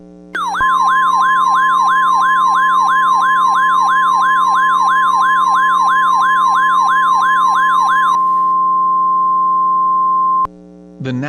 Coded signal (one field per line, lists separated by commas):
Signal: Emergency Alert System (SAME) tones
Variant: 1050 Hz attention tone